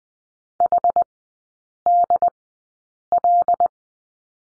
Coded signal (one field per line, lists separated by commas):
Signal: Morse code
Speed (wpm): 20 wpm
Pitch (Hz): 700 Hz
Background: none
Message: HDL